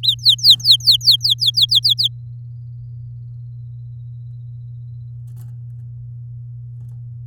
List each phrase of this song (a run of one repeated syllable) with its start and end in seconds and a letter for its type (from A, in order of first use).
0.03-2.08 A